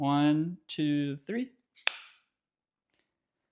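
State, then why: Seated. A medication auto-injector pen, made of plastic, is pressed against the pinched skin of the thigh after someone talks through a count of three. The pen gives a single sharp first click at 1.9 s as the injection starts, followed by a brief decaying tail and then near silence.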